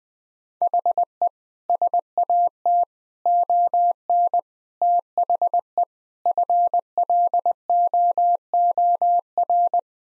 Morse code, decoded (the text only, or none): HE SAT ON THE FLOOR